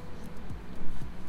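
A low, muffled rumbling gurgle lasts just over a second, with two deep sliding groans that drop in pitch. It is an adult's stomach growling (borborygmi), the ordinary sound of gas and fluid moving through the gut.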